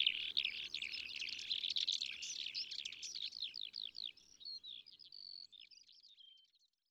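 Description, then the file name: Yellowhammer song: a fast, buzzy run of repeated high notes, then a long drawn-out whistle and a lower final note, fading out with a faint low hum underneath. "Bruant jaune ABC des chants doiseaux"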